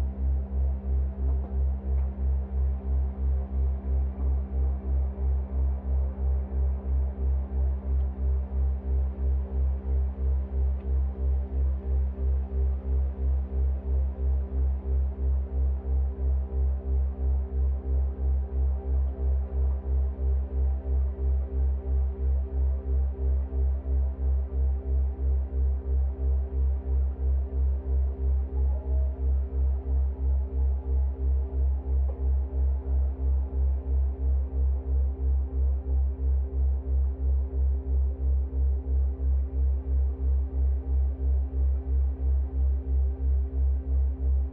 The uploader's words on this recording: This is a two hour binaural at 3 Hz on a carrier of 65.4 Hz (in the key of C). It's based off a field recording of the full duty cycle of a Bosch Dishwasher, slowed down and resonated into a swirling, evolving drone.